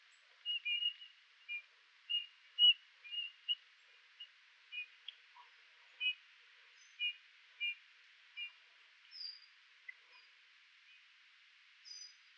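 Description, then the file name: Eurasian bullfinch giving soft short whistled notes, repeated irregularly, with a few higher thin notes; quiet background. "Pyrrhula pyrrhula"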